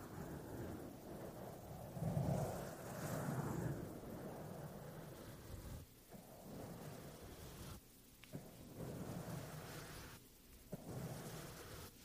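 A microphone's foam cover is scratched and brushed in a dense, rough rustle that runs almost without pause. The low rumble swells strongest around two to four seconds, and brief gaps break the scraping near six, eight and ten seconds. No voices.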